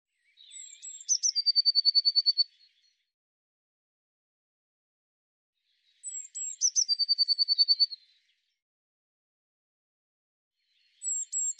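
Eurasian blue tit calling twice: each phrase opens with thin, very high notes, then breaks into a quick, evenly spaced ringing trill. A third phrase begins at the end.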